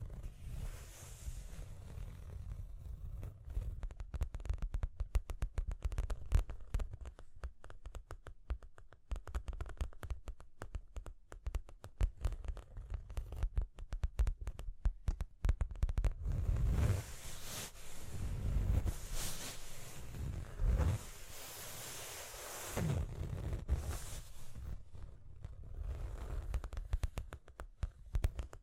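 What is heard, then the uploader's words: Quick tapping and scratching clicks run densely through the whole clip over a low rumble. From about the sixteenth to the twenty-fourth second, louder, harsher scratching swells in repeated rough bursts, then eases back to lighter tapping. Tapping and Scratching (No Talking).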